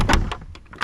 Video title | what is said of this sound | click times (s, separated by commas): Choosing a fishing kayak | and locks into place and then you are | 0.8 s